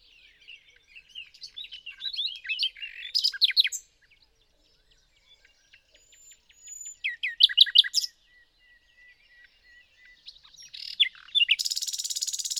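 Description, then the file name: Common nightingale song in separate bursts: twittering and loud rapid notes, silent gaps between phrases, ending with a buzzy harsh series. "Luscinia megarhynchos"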